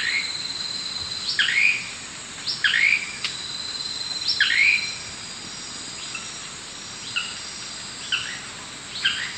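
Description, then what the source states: Blue-crowned manakin song: three clear, quick, down-slurred notes, followed by four fainter similar notes, against constant high-pitched insect buzzing. South America, eastern lowlands.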